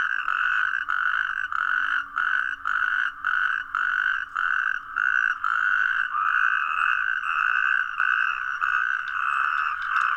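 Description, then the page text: Natterjack toad trilling loudly in short bursts that break and restart about every half second, then running on into a more sustained churr. Garrigue in Hérault, France; species returns to breed from late February to early April in temporary ponds and pools of the garrigue. "crapaud calamite en garrigue Hérault"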